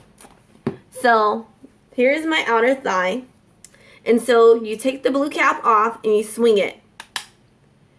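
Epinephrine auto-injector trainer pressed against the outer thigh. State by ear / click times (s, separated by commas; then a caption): seated / 7.2 s. Someone talks while taking the blue cap off an epinephrine auto-injector trainer, then swings it against the outer thigh and presses it. The trainer activates with a sharp click at 7.2 s, just after a fainter tick at 7.0 s.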